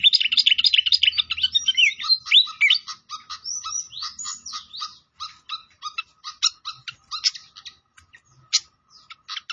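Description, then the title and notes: Pied fantail song: a burst of high whistled slurs rising and falling, then a fast run of sharp chips and ticks, with a faint steady low tone beneath. Masteran (training), clear voice, mixed with the sound of flowing water. "Masteran Sikatan Kipas Suara Jernih Dan Suara Gemericik Air. Suara Burung Sikatan Londo"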